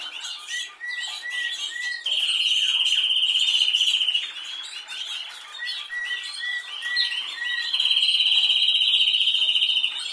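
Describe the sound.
Canary song alternating short chirped notes with loud, long ringing trills, the trill repeating twice in a steady pattern.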